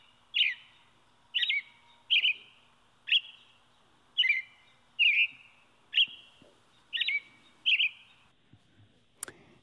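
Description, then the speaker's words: American Robin song: nine short warbled phrases in a row, then a brief sharp click near the end. Sung to defend territory and attract a mate; Wisconsin's state bird, heard often in Wisconsin. "So that's what they're singing to defend their territory and attract a mate."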